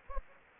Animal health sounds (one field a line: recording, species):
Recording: mosquito wingbeat signal from an infrared sensor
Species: Anopheles gambiae